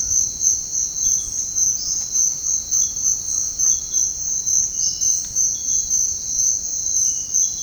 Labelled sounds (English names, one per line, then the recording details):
White-throated Toucan
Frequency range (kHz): White-throated Toucan 1.0-1.7 kHz
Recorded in dense forest near Puerto Asís, Putumayo, Colombia, on 18 February 2024 at 07:00
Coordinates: 0.485, -76.325
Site G6429